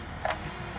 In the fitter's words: it clicks in nice and tight and then you just repeat that on the other side